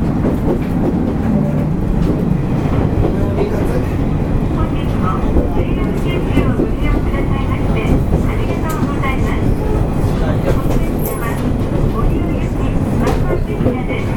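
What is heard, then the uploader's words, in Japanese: Inside a local train on the Wakamatsu Line, a steady low rumble of the carriage runs beneath murmured voices and scattered small clicks and rattles. JRキハ31系 若松から折尾まで。JR九州の31系気動車の走行音です。若松線の普通列車にて収録しました。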